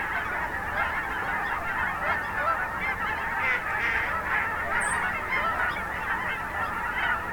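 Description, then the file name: Goose: geese honking in a thick continuous chorus, a few louder calls standing out midway, plus a short high chirp near the five-second mark. Geese at a national wildlife refuge in Oregon, USA. "Geese at Finley National Refuge Oregon"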